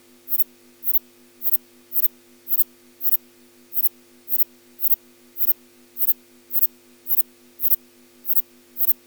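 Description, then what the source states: Insect calling song of crisp clicking pulses, each roughly half a second apart in an even, slow series, with a constant low hum beneath. Male insect giving a slow calling song.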